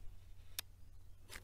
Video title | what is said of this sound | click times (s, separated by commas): William Optics SpaceCat Review | well you actually heard that but it clicked into place at that point so the new T mount works fine no | 0.6 s